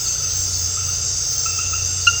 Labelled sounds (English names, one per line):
none